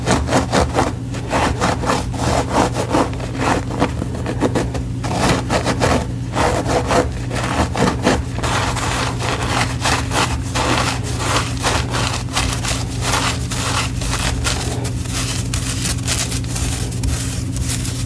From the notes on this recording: crushing black gym chalk blocks and reforms, plus the full reforming process, including paste mixing